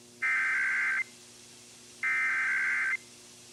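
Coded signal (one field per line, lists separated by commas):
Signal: Emergency Alert System (SAME) tones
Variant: header bursts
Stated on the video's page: Failed Required Monthly Test originated from an AM station and relayed to all state radio and TV stations, heard on two stations.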